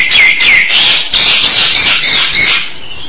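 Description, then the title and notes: Jalak (starling or myna) chatter: rapid harsh, scratchy notes mixed with whistled downward slurs, quieter at the end. "suara burung jalak"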